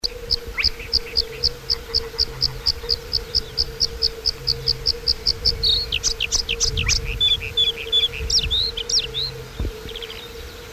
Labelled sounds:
Bluethroat (Luscinia svecica) song

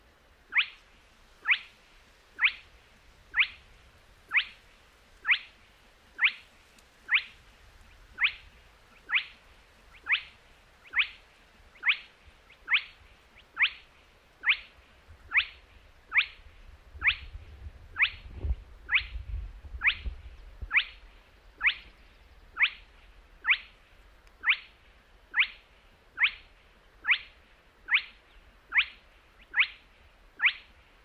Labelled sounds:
Spotted Crake (Porzana porzana)

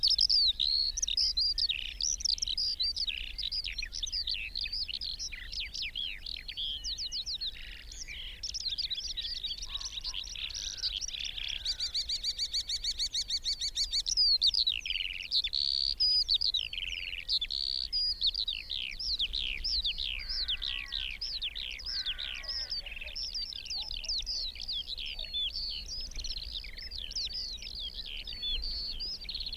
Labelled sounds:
Eurasian Skylark (Alauda arvensis) flight song

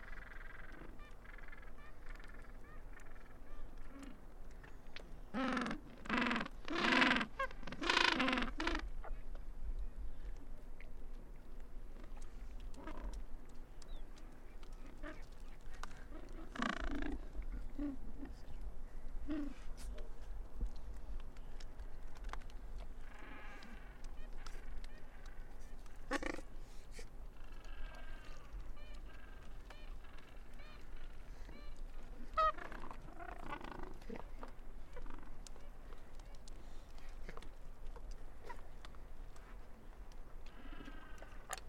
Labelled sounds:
Gentoo Penguin (Pygoscelis papua) call

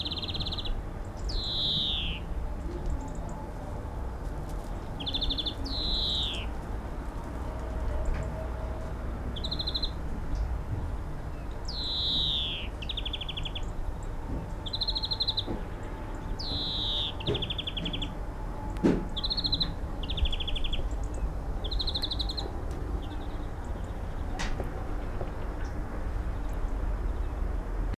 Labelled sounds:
European Greenfinch (Chloris chloris) song

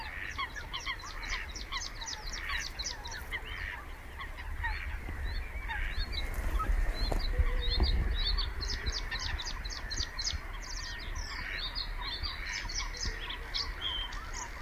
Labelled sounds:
Bluethroat (Luscinia svecica) song

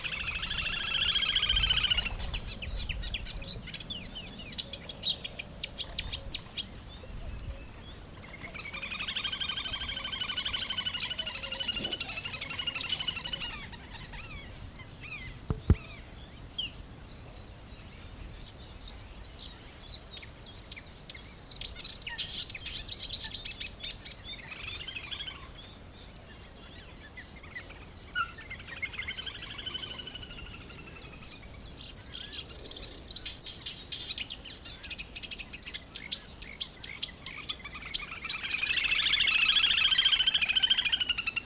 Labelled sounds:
Little Grebe (Tachybaptus ruficollis) call

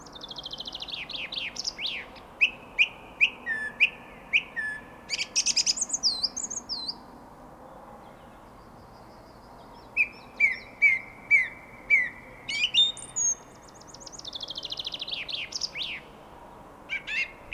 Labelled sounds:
Song Thrush (Turdus philomelos) song

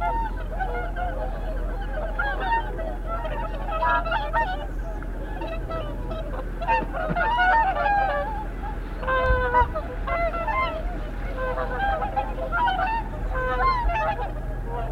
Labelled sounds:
Whooper Swan (Cygnus cygnus) call

